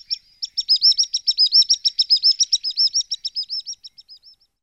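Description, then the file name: Common sandpiper song, a rapid, shrill, evenly repeated trill of high notes that rises in strength and then fades out over about four seconds. "piro piro piccolo"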